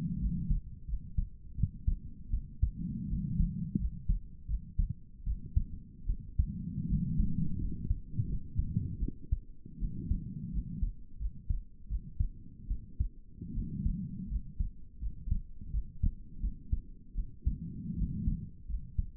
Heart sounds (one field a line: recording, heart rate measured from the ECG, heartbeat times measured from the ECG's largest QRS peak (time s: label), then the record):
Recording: heart sounds by stethoscope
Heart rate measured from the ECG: 81 bpm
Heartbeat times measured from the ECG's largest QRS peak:
0.20 s: heartbeat
0.87 s: heartbeat
1.56 s: heartbeat
2.32 s: heartbeat
3.09 s: heartbeat
3.78 s: heartbeat
4.48 s: heartbeat
5.25 s: heartbeat
6.08 s: heartbeat
6.88 s: heartbeat
7.59 s: heartbeat
8.27 s: heartbeat
9.01 s: heartbeat
9.80 s: heartbeat
10.52 s: heartbeat
11.19 s: heartbeat
11.89 s: heartbeat
12.69 s: heartbeat
13.55 s: heartbeat
14.29 s: heartbeat
15.00 s: heartbeat
15.72 s: heartbeat
16.42 s: heartbeat
17.16 s: heartbeat
17.97 s: heartbeat
18.68 s: heartbeat
From the record:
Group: healthy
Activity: rest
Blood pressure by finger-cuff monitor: 147/70 mmHg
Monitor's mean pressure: 91 mmHg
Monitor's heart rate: 81 bpm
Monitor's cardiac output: 8.3 L/min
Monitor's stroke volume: 101 mL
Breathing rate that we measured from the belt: 16 breaths a minute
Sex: female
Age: 22 years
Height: 160 cm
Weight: 63 kg